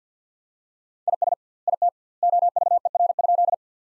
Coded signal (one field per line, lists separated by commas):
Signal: Morse code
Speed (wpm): 45 wpm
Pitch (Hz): 700 Hz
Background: none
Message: IS IT OVER?